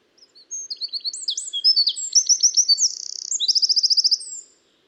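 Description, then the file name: Eurasian wren singing a bright, hurried cascade of high notes broken by buzzing trills, ending in a fast run of repeated notes, roughly four seconds long with no other sounds. "Troglodytes troglodytes"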